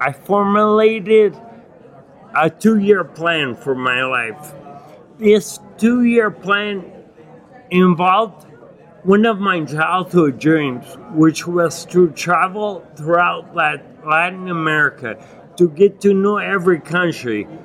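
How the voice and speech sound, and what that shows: Adult man with ataxic dysarthria from acquired ataxia (Lance-Adams syndrome) following Legionnaires' pneumonia and a 12-day coma with brain damage. Speech is effortful and hard to articulate, broken into short phrases by frequent pauses.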